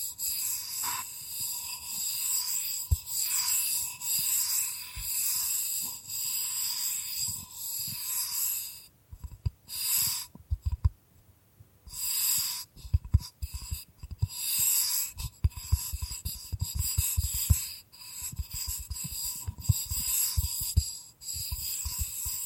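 Bamboo being scratched and brushed in long dry strokes, each swell lasting about a second, with sharp tapping clicks scattered throughout. The rasping is bright and hissy, and between roughly 9 and 12 seconds it breaks into short choppy bursts and near silence.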